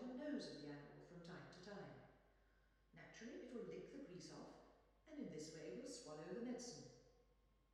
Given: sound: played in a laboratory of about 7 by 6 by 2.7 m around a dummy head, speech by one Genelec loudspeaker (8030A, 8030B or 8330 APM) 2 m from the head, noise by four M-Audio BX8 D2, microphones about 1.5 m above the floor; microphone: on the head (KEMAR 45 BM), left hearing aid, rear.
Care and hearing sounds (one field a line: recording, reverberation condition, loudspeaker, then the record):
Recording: female speech in English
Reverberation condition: high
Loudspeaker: in front (0 degrees)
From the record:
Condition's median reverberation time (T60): about 1300 ms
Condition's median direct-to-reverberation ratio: about -4.0 dB